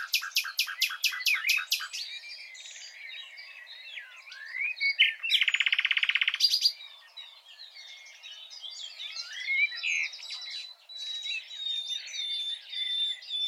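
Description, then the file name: Common nightingale singing: a burst of rapid clicking notes, a varied jumble of chirps and slurs, a loud buzzy rattle midway, then more varied whistles and trills. "Luscinia megarhynchos"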